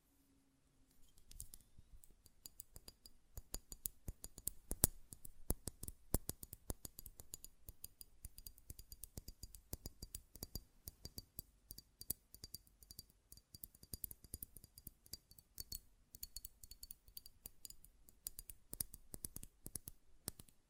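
A glass perfume bottle is tapped and handled, with quick, sharp clicks and clinks coming almost continuously from about a second in to the end. The taps are irregular and crowded, with a faint high ring lingering underneath. A low hum is heard briefly at the start.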